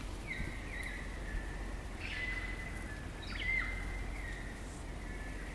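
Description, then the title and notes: Kaka song: long level whistles held for a second or more, a few brief harsher notes between them, over a constant low hum. Kakas, a large parrot species, singing an eerie dusk chorus in late spring at Karori Sanctuary near Wellington, New Zealand. "It's late spring at the Karori Sanctuary near Wellington, New Zealand and the kakas – a large species of parrot – are singing their eerie dusk chorus. BBC Countryfile Magazine's Sound Escapes Recorded by Margaret Bartlett."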